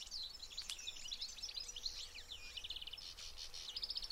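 Corn bunting song: a dry, jangling tangle of high scratchy notes, ending in quick runs of rapidly repeated ticks, over a faint steady low hum.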